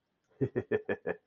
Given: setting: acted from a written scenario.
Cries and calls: vocal sound without words; amusement

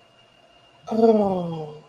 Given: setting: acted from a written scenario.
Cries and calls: vocal sound without words; ecstasy

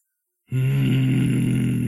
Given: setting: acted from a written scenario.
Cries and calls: vocal sound without words; anger

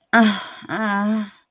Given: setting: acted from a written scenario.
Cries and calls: vocal sound without words; disappointment

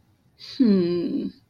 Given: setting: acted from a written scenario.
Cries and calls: vocal sound without words; contempt

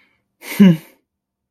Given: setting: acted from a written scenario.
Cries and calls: vocal sound without words; contempt

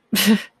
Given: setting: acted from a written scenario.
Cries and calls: vocal sound without words; amusement

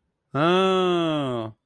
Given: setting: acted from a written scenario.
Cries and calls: vocal sound without words; realization

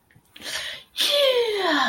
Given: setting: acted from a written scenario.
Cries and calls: vocal sound without words; triumph

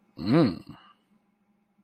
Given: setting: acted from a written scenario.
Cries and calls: vocal sound without words; romantic love

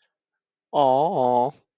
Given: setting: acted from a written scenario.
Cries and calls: vocal sound without words; adoration

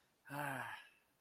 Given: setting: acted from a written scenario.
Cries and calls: vocal sound without words; serenity

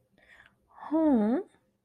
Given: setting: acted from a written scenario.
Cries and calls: vocal sound without words; awe

